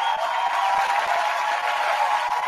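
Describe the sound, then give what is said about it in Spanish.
A crowd applauds for Sonya Blade, played by Kerri Hoskins, many hands clapping in a dense, crackling wash that holds at an even, fairly loud level for a couple of seconds, with no one speaking over it. “El aplauso fue para Sonia.”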